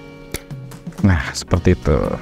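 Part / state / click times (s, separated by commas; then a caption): RJ45 cable plug into barcode scanner port / seated / 0.4 s. An RJ45 cable plug, inserted into the port on the back of a barcode scanner with its locking tab facing down, is pressed in and gives a sharp click at 0.4 s, seating it in place. A few softer taps follow over a steady background hum while someone talks.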